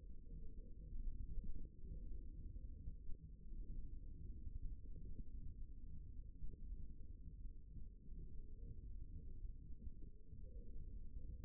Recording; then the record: forearm muscle sounds (acoustic myography)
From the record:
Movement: hook grip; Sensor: system 1, eight BSWA MPA416 microphones around the upper forearm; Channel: 1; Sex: male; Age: 54 years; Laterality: right